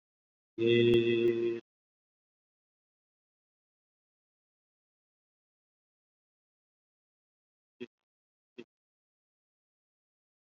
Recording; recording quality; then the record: sustained vowel as in made; poor, much background noise or distortion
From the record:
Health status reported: COVID-19 positive, mild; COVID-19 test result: positive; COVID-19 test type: RT-PCR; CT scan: not taken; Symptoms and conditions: fatigue, muscle pain, diarrhoea, hypertension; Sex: male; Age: 54 years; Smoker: no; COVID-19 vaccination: both doses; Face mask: worn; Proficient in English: no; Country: India